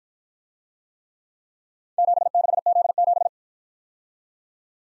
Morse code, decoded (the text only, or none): 76Z7